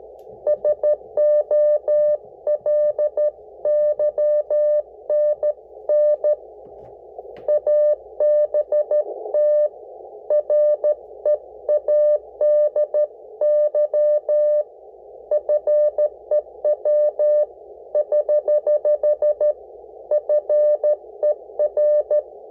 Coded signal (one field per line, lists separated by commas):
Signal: Morse code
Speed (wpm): 13 wpm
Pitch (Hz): 600 Hz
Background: none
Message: SO LYNN ABT READY FEW <HH> FER